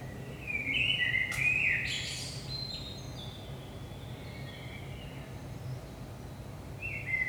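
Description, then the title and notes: Common blackbird singing a fluted, warbling phrase that ends in a higher twitter, then a short new phrase starts; low steady hum beneath. Recorded at 5 am in early morning in Saint-Gilles, Belgium; DPA 4060 microphones in AB position into a Zoom F3 recorder. "Saint-Gilles, Belgique - 5am Blackbird. Blackbird in the morning. Merle au petit matin"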